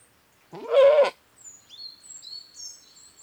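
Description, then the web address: Goat giving one short wavering bleat, followed by thin high bird chirps and whistles. Bleating; British goat. "The BBC Sound Effects Library. British Goat Bleating 2"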